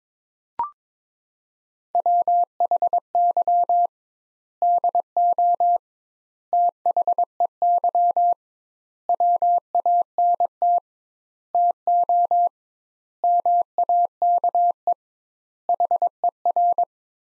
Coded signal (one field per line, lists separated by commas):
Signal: Morse code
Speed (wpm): 23 wpm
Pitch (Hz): 700 Hz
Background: none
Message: WHY DO THEY WANT TO MAKE HER